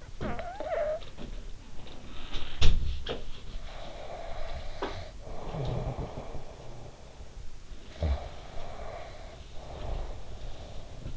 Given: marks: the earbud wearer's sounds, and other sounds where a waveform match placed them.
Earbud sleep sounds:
sounds in sleep by an in-ear microphone; snoring breath, breath
0.00-1.33 s: snoring breath
2.51-3.20 s: sound from someone else or the room
3.78-7.17 s: breath
4.72-5.16 s: sound from someone else or the room
7.95-11.17 s: breath

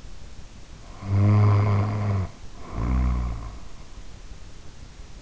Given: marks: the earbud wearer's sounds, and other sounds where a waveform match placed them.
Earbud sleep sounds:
sounds in sleep by an in-ear microphone; snoring breath
0.76-3.86 s: snoring breath

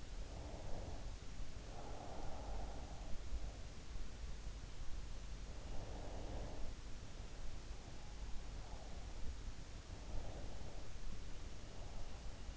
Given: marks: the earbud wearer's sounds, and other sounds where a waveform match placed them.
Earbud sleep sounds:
sounds in sleep by an in-ear microphone; breath
0.00-3.20 s: breath
5.52-9.14 s: breath
9.81-12.57 s: breath

